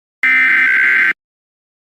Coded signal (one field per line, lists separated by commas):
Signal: Emergency Alert System (SAME) tones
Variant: header bursts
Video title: (Wider US) Mini EAS Scenario: 🔥🔥🔥This is fine🔥🔥🔥